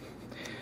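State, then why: Not seated. The hip section of a plastic transforming toy figure is pulled out about an eighth of an inch from the body for the transformation, giving a faint, soft sliding scuff with a slight rise in level around 0.3 s. The hip just slides back and forth with no real resistance, and nothing snaps into place.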